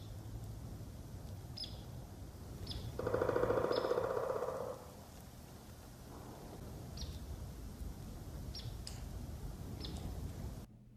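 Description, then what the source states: Pileated Woodpecker drumming, a fast burst of knocks lasting about two seconds, with a few short, high peeps before and after in a quiet setting. Bird seen along the St. Croix River, recorded on a Sunday; quiet apart from a couple of small woodpecker peeps before the drumming.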